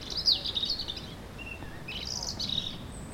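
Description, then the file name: European robin song: two bright bursts of high, fluttering and sliding notes with a short thin whistle between them, against a low background rumble. "Erithacus rubecula"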